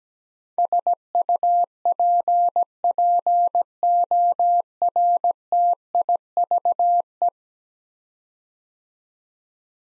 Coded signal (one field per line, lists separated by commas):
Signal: Morse code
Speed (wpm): 17 wpm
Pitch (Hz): 700 Hz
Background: none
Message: SUPPORTIVE